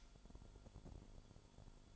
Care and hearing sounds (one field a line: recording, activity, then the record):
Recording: daily activity, microphone in the room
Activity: light off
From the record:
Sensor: 5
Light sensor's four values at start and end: 30/69/28/27 and 29/68/27/26